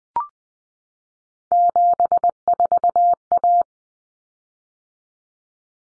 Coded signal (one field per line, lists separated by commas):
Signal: Morse code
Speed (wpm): 20 wpm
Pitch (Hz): 700 Hz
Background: none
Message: 74A